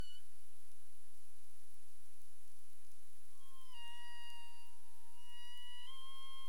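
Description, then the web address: Humpback whale moan: a long tonal note that drifts slightly downward, then steps up near the end, over a steady high whine with faint ticks. Recorded in the Caribbean on 27 April 2035 at 22:53 UTC. "CARIMAM clean data humpback whale"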